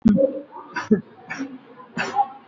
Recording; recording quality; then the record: shallow voluntary cough; moderate, slight background noise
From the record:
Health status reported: recovered from COVID-19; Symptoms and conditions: none ticked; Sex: female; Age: 51 years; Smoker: not ticked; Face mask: worn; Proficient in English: yes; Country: India